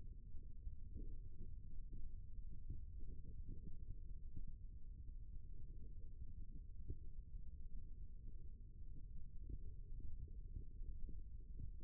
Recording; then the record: forearm muscle sounds (acoustic myography)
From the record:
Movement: rest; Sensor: system 1, eight BSWA MPA416 microphones around the upper forearm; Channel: 5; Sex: male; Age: 23 years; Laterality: right